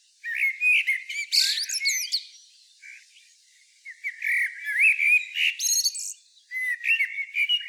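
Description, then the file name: Common blackbird producing melodious whistled phrases broken by bright, squeaky flourishes, a quiet lull midway, then more fluty warbling. "Turdus merula"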